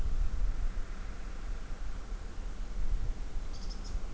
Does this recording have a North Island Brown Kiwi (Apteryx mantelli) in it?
no